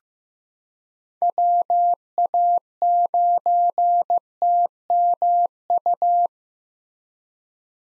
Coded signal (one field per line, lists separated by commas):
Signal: Morse code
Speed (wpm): 15 wpm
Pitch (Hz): 700 Hz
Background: none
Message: WA9TMU